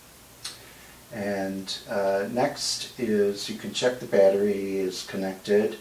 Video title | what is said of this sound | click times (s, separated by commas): How to set up and use the Adjustable Side Lighting Iris Camera (MEC-ASL) | and then you just rotate that up until it clicks. You rotate it 90 degrees, and | 0.5 s